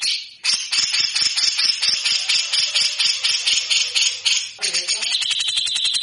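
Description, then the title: Grey-cheeked bulbul rattling steadily at about four notes a second, scratchy and buzzy, then shifting into a faster chatter near the end. Vigorously singing bird with the harsh rattling song style called besetan kasar. "MASTERAN CUCAK JENGGOT GACOR FULL BESETAN KASAR"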